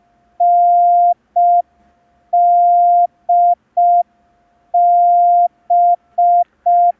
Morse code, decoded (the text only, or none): NDB